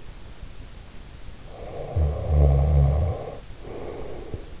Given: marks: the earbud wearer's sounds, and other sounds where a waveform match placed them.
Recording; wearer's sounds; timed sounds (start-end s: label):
sounds in sleep by an in-ear microphone; snoring breath
1.37-4.54 s: snoring breath